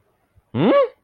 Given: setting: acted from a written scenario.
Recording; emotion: vocal sound without words; anger